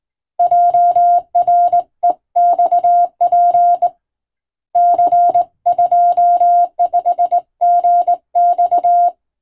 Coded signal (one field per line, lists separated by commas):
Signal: Morse code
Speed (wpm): 20 wpm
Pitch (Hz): 700 Hz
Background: none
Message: JREXP C25GX